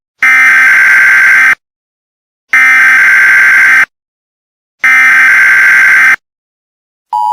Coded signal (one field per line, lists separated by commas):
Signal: Emergency Alert System (SAME) tones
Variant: header bursts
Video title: EAS in Film: The Purge: Election Year